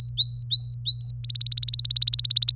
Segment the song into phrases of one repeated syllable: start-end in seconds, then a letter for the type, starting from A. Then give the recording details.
0.00-1.11 A, 1.24-2.52 B. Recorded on 24 April 2018 at 10:51. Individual llb3